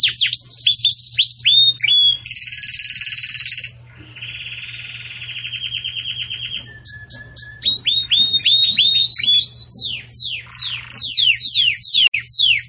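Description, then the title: Canary singing a long varied song: chirps, a buzzy roll, a lower steady trill, a brief whistle, then rapid sweeping notes again. Belgian canary song intended for teaching young chicks (encarte de filhotes); song style described as 'campainha' (bell). "Belíssimo Canto Do Canário Belga Campainha Para Encarte De Filhotes"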